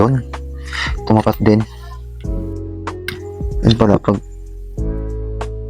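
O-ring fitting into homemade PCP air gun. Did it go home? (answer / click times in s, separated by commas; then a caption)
no / none. A part with an o-ring is handled and lined up with the body of a homemade PCP air gun while someone talks over steady background music. Brief knocks and taps of handling are heard, but nothing has seated or clicked yet; the o-ring part is not yet pushed home.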